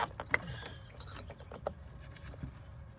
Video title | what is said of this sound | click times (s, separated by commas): Fuel Filters on 6.0 Powerstroke | It doesn't click all the way. It'll click itself in when I get this other piece on. | 0.3 s